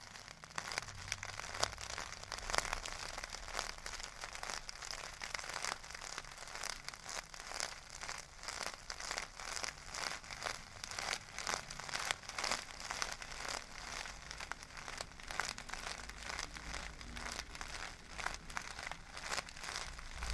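Metal scrubbers are crinkled, rolled and squeezed, giving a dense, crunchy crackle that runs without pause for the whole stretch. Sharp bright snaps pile up in quick irregular bursts over a steady hiss, with a faint low rumble underneath.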